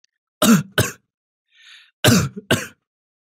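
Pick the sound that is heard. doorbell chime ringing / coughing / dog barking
coughing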